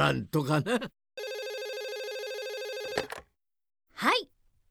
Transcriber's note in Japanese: 電話ベル音